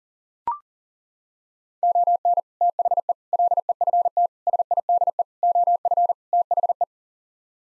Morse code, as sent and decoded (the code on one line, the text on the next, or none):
--- -. / - .... . / .-.. . ..-. - / ... .. -.. . / --- ..-. / - .... .
ON THE LEFT SIDE OF THE